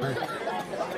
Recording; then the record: coughing mixed with background sound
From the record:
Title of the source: 1125 Coughing SOUND Effect